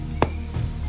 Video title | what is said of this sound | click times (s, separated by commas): Unboxing EVERY NEW Jurassic World Survival Dinosaur Toy for 2026! | Let's click this first | 0.2 s